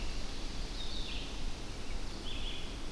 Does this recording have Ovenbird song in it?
no